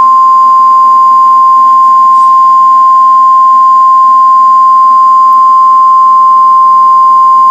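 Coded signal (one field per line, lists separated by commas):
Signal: Emergency Alert System (SAME) tones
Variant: 1050 Hz attention tone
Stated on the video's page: Fake EAS alert generated by artificial intelligence.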